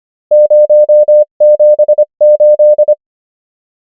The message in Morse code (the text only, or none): 0 7 8